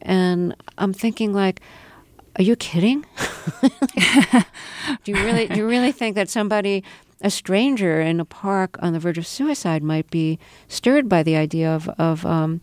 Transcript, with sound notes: and I'm thinking, like, are you kidding?
(LAUGHTER)
Do you really think that somebody - a stranger in a park on the verge of suicide might be stirred by the idea